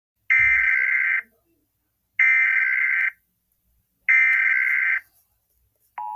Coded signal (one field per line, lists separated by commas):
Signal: Emergency Alert System (SAME) tones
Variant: header bursts